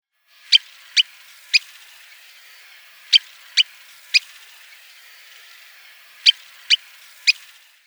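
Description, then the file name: Sanderling calls: short, sharp clicking 'twick' notes given in three bursts of three, each burst about three seconds apart, over a quiet background. "sanderling by paul marvin"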